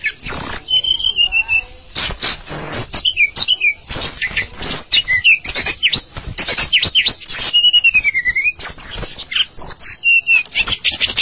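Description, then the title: Java sparrow song: rapid dry clicking notes mixed with wavering, whistled phrases that dip and rise, delivered in a steady busy stream with brief pauses. "kicau gelatik"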